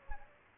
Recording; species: mosquito wingbeat signal from an infrared sensor; Aedes aegypti